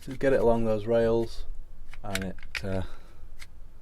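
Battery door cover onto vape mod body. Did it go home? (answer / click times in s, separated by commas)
yes / 3.4 s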